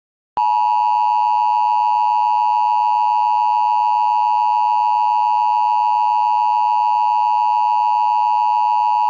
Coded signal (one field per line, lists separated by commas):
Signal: Emergency Alert System (SAME) tones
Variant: 853 and 960 Hz attention tone